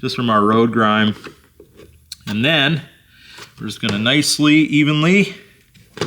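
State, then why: Not seated. An LED license plate light assembly is handled at the plastic rear bumper opening of a Ford Super Duty F350 while someone talks, with a few short handling knocks. Nothing has seated or clicked yet.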